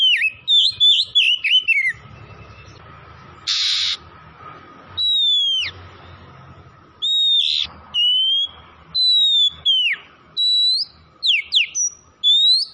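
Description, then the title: Oriental magpie-robin song of sharp, sweeping whistles and quick downslurred notes, repeated in short bursts with steady gaps, one harsh noisy burst early on; a low hum behind. Singing vigorously (gacor); Tretes type. "Kacer Tretes"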